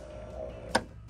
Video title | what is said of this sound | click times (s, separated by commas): What Would You Pay For This 1997 Lincoln Town Car Signature Series? | is give it a latch and you'll hear it suck it down and click it's done and the alignment | 0.8 s